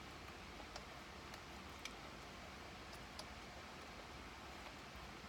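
An electrical connector is handled before being plugged into the clock spring or airbag harness during a clock spring and airbag install on a 2005 Ford Freestyle. Faint scattered ticks and a brief sharp tick near 1.9 s sit over steady broadband hiss. Nothing has seated or clicked yet.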